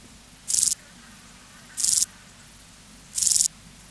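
Euchorthippus declivus grasshopper song: three sharp, high buzzy chirps, each lasting about a quarter second, coming roughly every 1.3 seconds.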